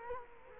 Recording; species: mosquito wingbeat signal from an infrared sensor; Culex quinquefasciatus